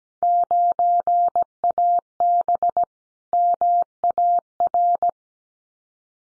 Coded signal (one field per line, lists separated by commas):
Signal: Morse code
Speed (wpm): 17 wpm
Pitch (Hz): 700 Hz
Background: none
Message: 9AB MAR